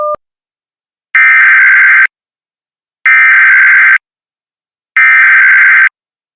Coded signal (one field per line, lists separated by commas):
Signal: Emergency Alert System (SAME) tones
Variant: header bursts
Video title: Lake County, Indiana Silver Alert (Civil Emergency Message) (EAS #781)